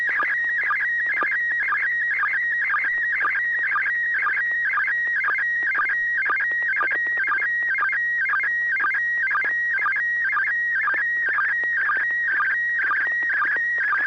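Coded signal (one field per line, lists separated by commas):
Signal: SSTV (slow-scan television)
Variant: PD120 mode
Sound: warbling whistle-like tone repeating about twice a second, alternating steady and jittery parts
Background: low hum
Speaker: okay this will be pd 120 n6pq so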